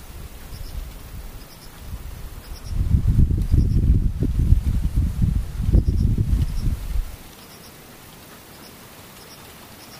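Faint, distant insects chirp in short, evenly spaced bursts over near silence, while a low rumble swells from about three to seven seconds.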